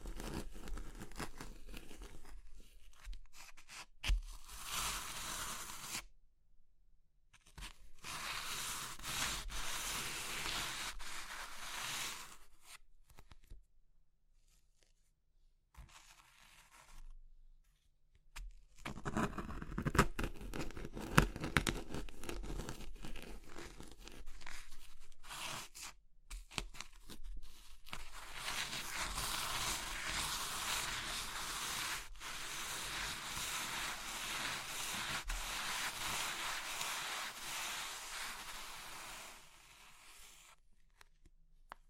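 Crushing of brittle, crumbly material like chalk or meringue, in bursts of dense crackling and crunching separated by short silences. Longer grinding runs come around 8–12 seconds, 19–27 seconds, and a sustained stretch from about 28 to 40 seconds.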